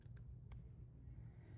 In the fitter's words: Okay, and you hear that little click.